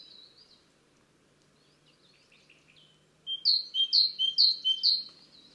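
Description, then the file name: Great tit calling: after soft scattered high notes, a bright two-note phrase of a high and a lower note repeats four times quickly near the end, over faint steady background noise. "Parus major"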